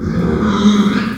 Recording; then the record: squeal of a Yucatan mini pig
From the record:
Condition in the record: after surgery on the right vocal fold (resection and tissue-engineered implant); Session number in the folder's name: 12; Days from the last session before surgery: 105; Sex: female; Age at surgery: 19 weeks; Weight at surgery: 25 kg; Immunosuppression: prednisolone